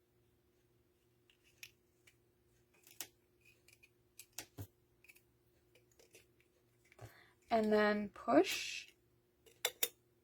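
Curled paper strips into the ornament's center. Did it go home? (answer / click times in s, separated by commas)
yes / 9.7 s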